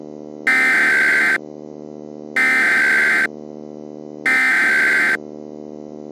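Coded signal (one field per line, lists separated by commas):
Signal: Emergency Alert System (SAME) tones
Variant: header bursts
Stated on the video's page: Simulated EAS scenario for a Halloween AI uprising story; the tones are stated to be valid SAME tones.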